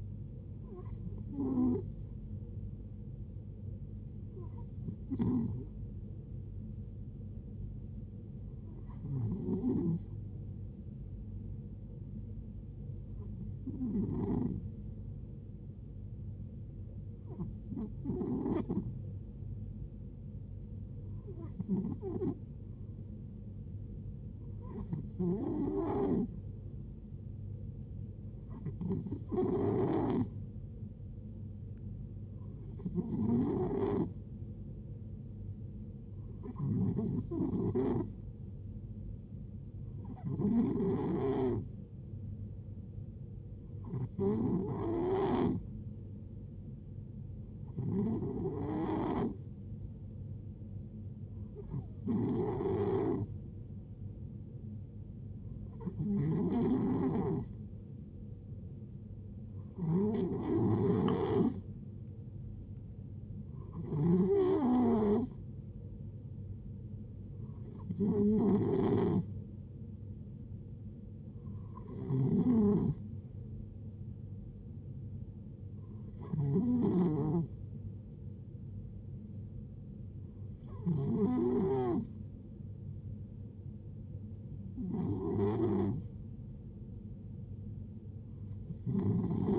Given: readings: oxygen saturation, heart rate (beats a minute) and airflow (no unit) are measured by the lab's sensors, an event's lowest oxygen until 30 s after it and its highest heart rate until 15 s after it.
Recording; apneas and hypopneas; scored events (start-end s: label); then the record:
breathing in sleep by a smartphone at the bedside; 1
28.00-51.40 s: hypopnea (N2, oxygen 93% highest, then 90% lowest, heart rate 70 at the start, 73 highest)
From the record:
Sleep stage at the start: N2 (light sleep); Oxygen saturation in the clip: 90 to 93%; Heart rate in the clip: 63 to 74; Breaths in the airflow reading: 22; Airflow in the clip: -6.6 to 4.3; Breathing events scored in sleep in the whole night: 389 in 6.3 hours asleep